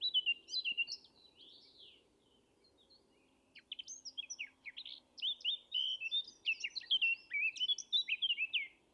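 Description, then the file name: Eurasian blackcap song: a short warbling opening, a pause, then a long run of quick, varied twittering and whistled notes with a faint steady hum beneath. "Sylvia atricapilla"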